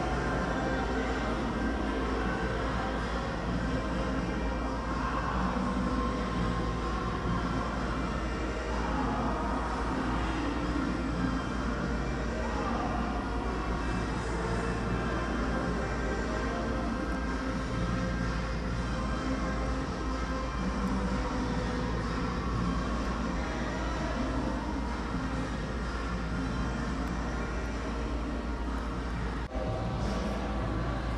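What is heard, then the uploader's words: Steady mall ambience fills the space: a constant low rumble of ventilation or machinery under a dense wash of indistinct chatter. Faint music and voices blur together, with no single event standing out across the half minute, and the level stays even throughout. ASMR Mall Ambience (faint talking and music).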